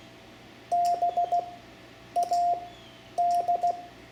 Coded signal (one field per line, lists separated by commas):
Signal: Morse code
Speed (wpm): 16 wpm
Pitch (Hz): 700 Hz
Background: none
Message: BAD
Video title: Learning CW for Ham Radio (Lesson 1) Morse Code letters A-D, Amateur Radio